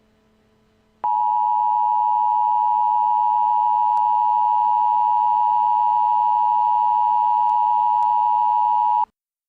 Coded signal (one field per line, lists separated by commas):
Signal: Emergency Alert System (SAME) tones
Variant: 853 and 960 Hz attention tone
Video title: EAS| Creepypasta Act 2